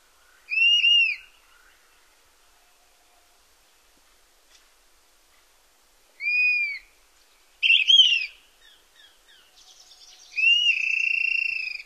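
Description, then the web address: Dusky-capped Flycatcher song of two arched whistles that rise then fall, followed by a rapid burst of tangled notes and a longer level whistle at the end. North America. "Songs of Birds of North America Stokes. Dusky-capped Flycatcher"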